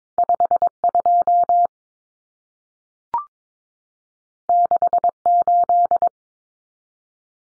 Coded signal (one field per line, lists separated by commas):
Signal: Morse code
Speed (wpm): 22 wpm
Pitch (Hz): 700 Hz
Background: none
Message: 52 68